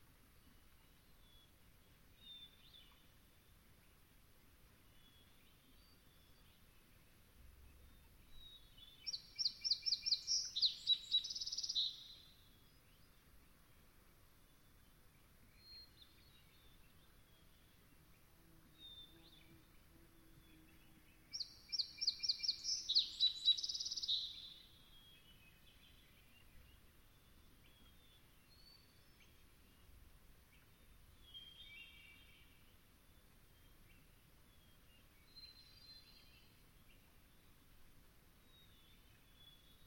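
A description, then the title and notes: Dusk at Long Swamp: a quiet, steady low hush with faint scattered calls. Two loud bursts of rapid, high chirping trill stand out, around 10 seconds and again near 22 seconds, each lasting a couple of seconds before fading. Long Swamp, Dusk. The air was still as I sat down to record; the temperature a chill 60ºF/ 15.5ºC, and the moon was expected to be full. I could hear distinct non-song vocalization from Swainson’s Thrushes.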